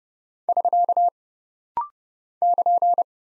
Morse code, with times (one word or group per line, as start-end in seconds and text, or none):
0.5-1.1 <SK>
2.4-3.0 <KN>